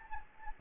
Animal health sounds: mosquito wingbeat signal from an infrared sensor; Anopheles gambiae

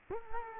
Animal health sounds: mosquito wingbeat signal from an infrared sensor; Culex quinquefasciatus

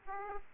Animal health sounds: mosquito wingbeat signal from an infrared sensor; Aedes aegypti

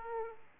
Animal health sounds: mosquito wingbeat signal from an infrared sensor; Aedes aegypti

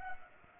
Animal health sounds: mosquito wingbeat signal from an infrared sensor; Culex pipiens

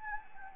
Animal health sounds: mosquito wingbeat signal from an infrared sensor; Anopheles gambiae

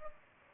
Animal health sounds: mosquito wingbeat signal from an infrared sensor; Culex pipiens

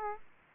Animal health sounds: mosquito wingbeat signal from an infrared sensor; Aedes aegypti

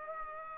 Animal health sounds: mosquito wingbeat signal from an infrared sensor; Aedes aegypti

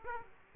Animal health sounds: mosquito wingbeat signal from an infrared sensor; Aedes aegypti

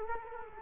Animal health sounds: mosquito wingbeat signal from an infrared sensor; Culex quinquefasciatus

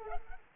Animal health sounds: mosquito wingbeat signal from an infrared sensor; Culex pipiens

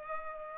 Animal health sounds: mosquito wingbeat signal from an infrared sensor; Culex pipiens

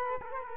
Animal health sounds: mosquito wingbeat signal from an infrared sensor; Culex quinquefasciatus

